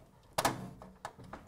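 A metal motherboard I/O blanking plate is pressed with some force into the rear cut-out of a PC case and snaps home with a sharp click at 0.4 s. Fainter clicks and taps follow at about 0.8, 1.1, 1.3 and 1.5 s. The plate is seated.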